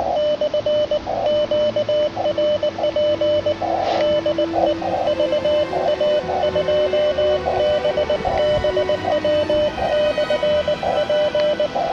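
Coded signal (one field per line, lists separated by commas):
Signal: Morse code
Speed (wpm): 20 wpm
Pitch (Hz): 600 Hz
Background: none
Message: /QRP DE VA2BBW/P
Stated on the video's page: SOTA summit activation during the Polar Bear Moonlight Madness event.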